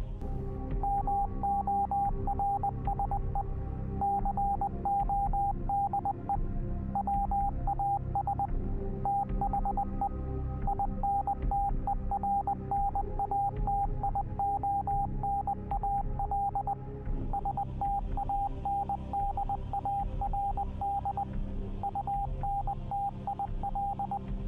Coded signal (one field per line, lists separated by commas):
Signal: Morse code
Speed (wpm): 20 wpm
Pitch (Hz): 800 Hz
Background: radio noise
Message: MORSE CODE WAS THE INTERNATIONAL STANDARD UNTIL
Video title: SS American Victory - Radio Operators